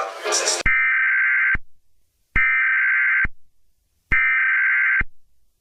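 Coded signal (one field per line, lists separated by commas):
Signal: Emergency Alert System (SAME) tones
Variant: header bursts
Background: speech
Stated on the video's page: Fictional analog-horror EAS scenario about a Skynet AI.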